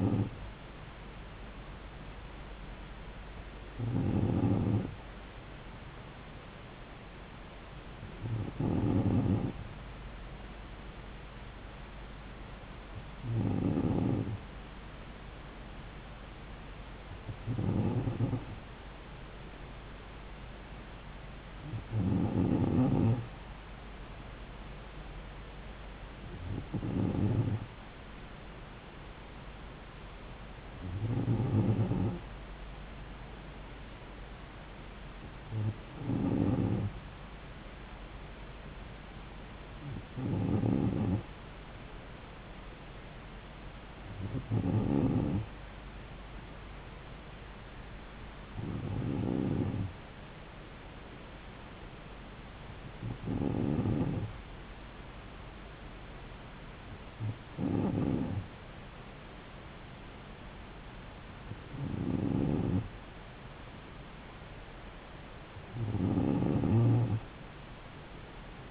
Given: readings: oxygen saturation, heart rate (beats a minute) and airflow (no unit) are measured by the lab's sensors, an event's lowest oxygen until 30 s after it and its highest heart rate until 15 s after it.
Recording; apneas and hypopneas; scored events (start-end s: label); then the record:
breathing in sleep by a voice recorder at the bedside; none
none scored
From the record:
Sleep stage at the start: N2 (light sleep); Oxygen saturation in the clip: 94%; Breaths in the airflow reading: 16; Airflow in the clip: -3.2 to 3.2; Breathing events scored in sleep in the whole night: 270 in 6.1 hours asleep